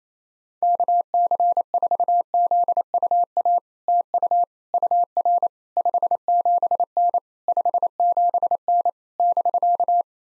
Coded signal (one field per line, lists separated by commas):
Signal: Morse code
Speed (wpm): 28 wpm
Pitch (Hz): 700 Hz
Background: none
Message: KC4ZUA TU UR 57N 57N <BK>